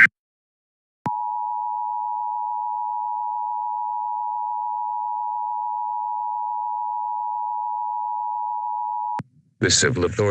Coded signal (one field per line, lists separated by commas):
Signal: Emergency Alert System (SAME) tones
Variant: 853 and 960 Hz attention tone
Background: speech